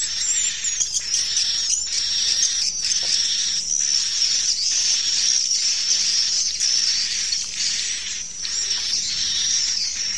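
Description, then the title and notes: Dense swiftlet chatter of thin, high chirps, repeated in uneven bursts about once a second, over a steady high hissing tone. Swiftlets at a swiftlet farm in Asia. "Swiflet Bird Sound. Farming Swiflet Bird asia sound"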